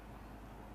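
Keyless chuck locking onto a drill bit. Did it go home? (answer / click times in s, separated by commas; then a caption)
no / none. A keyless drill chuck on a drill bit is turned counterclockwise (backwards) after tightening, to lock the bit in place with a click. Only steady, low broadband noise is heard for 0.8 seconds, with no sharp transients. Nothing has seated or clicked yet; the clip ends just before the lock.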